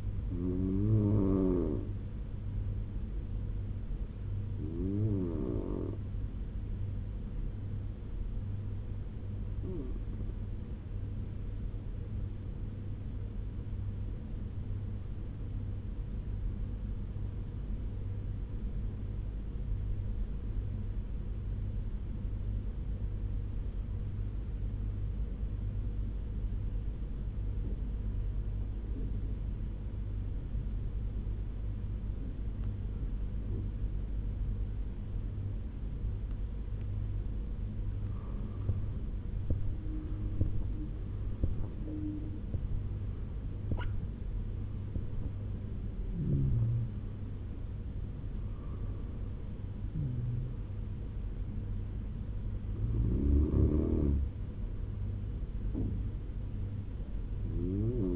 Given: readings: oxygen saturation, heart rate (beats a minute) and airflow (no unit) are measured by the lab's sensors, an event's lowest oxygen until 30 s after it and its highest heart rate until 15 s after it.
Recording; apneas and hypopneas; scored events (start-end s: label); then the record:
breathing in sleep by a smartphone at the bedside; 1
12.00-38.00 s: obstructive apnea (N1, oxygen 97% highest, then 87% lowest, heart rate 75 at the start, 88 highest)
14.00-44.00 s: new sleep stage, N2 (light sleep)
44.00-58.16 s: new sleep stage, N1 (lightest sleep)
From the record:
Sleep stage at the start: N1 (lightest sleep); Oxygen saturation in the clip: 87 to 97%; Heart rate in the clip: 71 to 88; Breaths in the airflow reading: 6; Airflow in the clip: -12.7 to 14.8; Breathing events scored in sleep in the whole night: 201 in 6.5 hours asleep